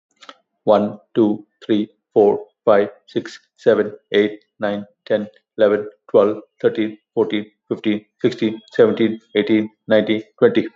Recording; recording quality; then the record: counting at a fast pace; excellent, no background noise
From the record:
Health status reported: healthy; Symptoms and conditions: diabetes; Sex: male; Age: 60 years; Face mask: not worn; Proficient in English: yes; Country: India